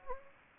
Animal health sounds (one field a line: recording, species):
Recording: mosquito wingbeat signal from an infrared sensor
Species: Anopheles gambiae